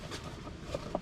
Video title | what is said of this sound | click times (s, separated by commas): Wednesday 22nd June - Brake cable snaps - Pitstop! | and then it clicks into place | 1.0 s